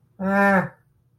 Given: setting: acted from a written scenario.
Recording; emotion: vocal sound without words; neutral